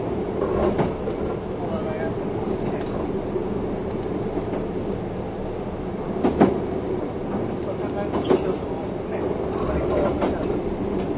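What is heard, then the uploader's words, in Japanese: A train runs along steadily, its dense low rumble and rattle holding at an even level throughout. Brief sharper clatters and knocks stand out around the first second, near six seconds, and again around eight and ten seconds, with faint voices mixed underneath. 近鉄16000系 吉野特急4508レ 01/01:吉野～大阪阿部野橋。This is the train running sound (still image) of the ``Yoshino Express''。列車走行音。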